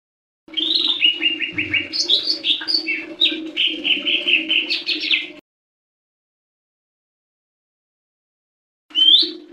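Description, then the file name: Leafbird delivering a long, fluent phrase of level whistles and rapid rising notes lasting about five seconds, then silence before a short rising whistle, over a low hum. "audio cucak hijau mini. omkicau"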